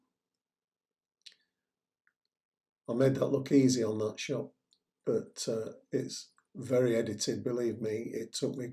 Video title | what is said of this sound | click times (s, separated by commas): Tamiya 1/24 Mitsubishi Lancer Evo VII Monte Carlo 2002 Part 1 | so in with the steering arm which just clicks into place | 1.3 s, 2.1 s